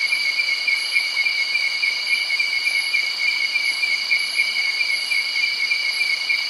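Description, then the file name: Cicada: insects droning in a loud, unbroken high buzz, with a fast trill beneath and a thin higher tone pulsing. Insects and cicadas by a nearby creek in early night, Doi Suthep National Park, Thailand. "insects cicada frogs birds creek close by early night doi suthep national park thailand"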